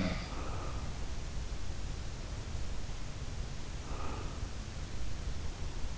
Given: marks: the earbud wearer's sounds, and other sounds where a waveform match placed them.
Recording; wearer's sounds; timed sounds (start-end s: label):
sounds in sleep by an in-ear microphone; breath
0.00-0.78 s: sound from someone else or the room
3.82-4.65 s: breath